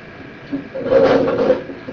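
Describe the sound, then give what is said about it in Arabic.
A chair is brought for someone and set down: a single wooden scrape and clatter lasting about a second, moderately loud, over a faint background hum. “جيب له كرسي ولا فيه.”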